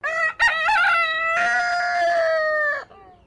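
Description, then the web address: Silkie chicken crowing: a short opening note, then a long, harmonic-rich crow, wavering at first and then steady, before it cuts off abruptly. "Sound Effects-Foundation 1 BIRD CHICKEN SILKIE CROW"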